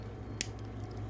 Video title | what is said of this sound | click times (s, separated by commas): Iron factory Killbison! | it'll snap in place like that | 0.4 s